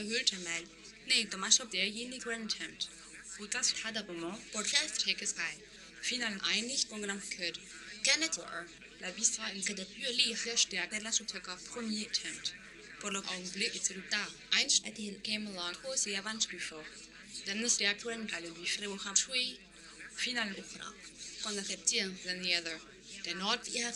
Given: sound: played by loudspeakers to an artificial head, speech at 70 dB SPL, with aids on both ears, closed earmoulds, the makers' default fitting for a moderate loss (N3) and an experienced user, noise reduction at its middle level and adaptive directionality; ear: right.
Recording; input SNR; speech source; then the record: speech test signal (ISTS) in cocktail-party noise; +6 dB; on the right (90 degrees)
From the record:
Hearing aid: class 1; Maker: H